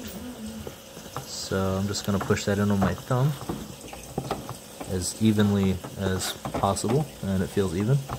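An ink cartridge is pushed up evenly with a thumb into the carriage of a Canon PIXMA MG2522 inkjet printer, on the right side. Someone talks throughout, with a few faint, brief handling knocks. Nothing has seated or clicked yet by the end of the clip.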